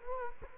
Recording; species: mosquito wingbeat signal from an infrared sensor; Culex quinquefasciatus